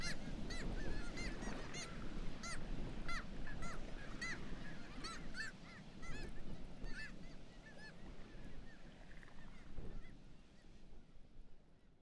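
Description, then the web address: Black-legged kittiwake calls, a chorus of harsh, rising and falling nasal cries crowded together early on, then thinning out, with constant low rumbling background noise. "Black legged kittiwake. صدای-پرنده-کاکایی-پاسیاه"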